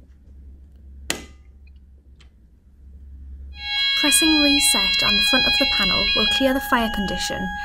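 A reset key inserted into the front of a manual fire alarm callpoint is turned clockwise until it clicks at 1.1 s, resetting the callpoint, followed by a few faint ticks. From about 3.7 s, background music plays while someone talks.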